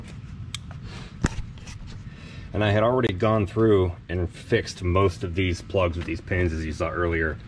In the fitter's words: now we're getting this plugged back in making sure that it clicks he that little click that's what you want